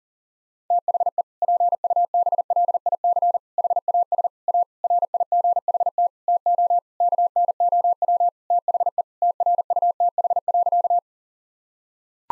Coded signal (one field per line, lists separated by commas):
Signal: Morse code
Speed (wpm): 40 wpm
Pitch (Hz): 700 Hz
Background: none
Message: THE PUBLIC HAS A RIGHT TO KNOW THE TRUTH.